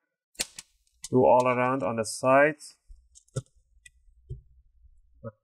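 An opening tool is pushed between the top and bottom plastic covers of a Dell Inspiron 14 3421 laptop and twisted, and the plastic palm rest snap clips in the bottom cover pop free with sharp clicks at 0.4 and 0.6 seconds. Someone then talks, and a few fainter ticks follow. The palm rest clips are released.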